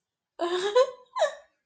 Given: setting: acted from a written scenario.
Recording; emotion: vocal sound without words; positive surprise